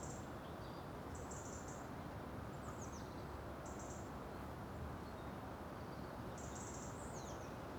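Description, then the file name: European robin with thin, very high whistled phrases, some sliding downward, in short bursts separated by pauses, over a constant low rushing noise. "Erithacus rubecula"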